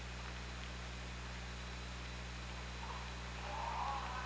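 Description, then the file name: Orca call, a faint wavering tonal note over the last second and a half, above steady low hydrophone hum and hiss. Recorded underwater on an OrcaLab hydrophone, 24 August 2017, around 23:57. "Orca Lab UTLN JASON 20170824 235720"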